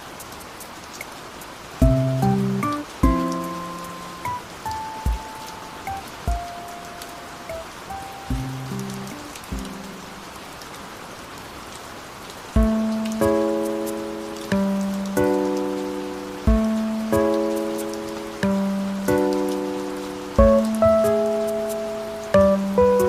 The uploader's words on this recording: AC relaxing rain sounds.